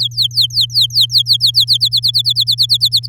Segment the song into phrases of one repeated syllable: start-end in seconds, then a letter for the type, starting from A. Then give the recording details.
0.00-1.78 A, 1.80-3.07 B. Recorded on 11 May 2018 at 06:04. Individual llb16